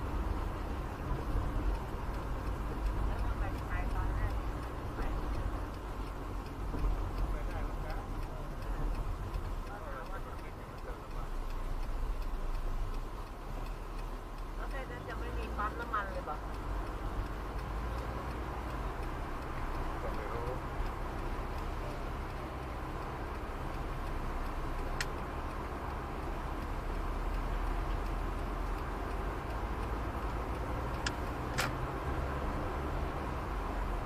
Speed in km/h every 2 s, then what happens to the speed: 69, 68, 67, 67, 67, 70, 72, 74, 74, 75, 76, 77, 77, 78, 78, 78, 79.
0-8 steady at about 67. 8-14 speeds up to 74. 14-34 steady at about 77.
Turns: none.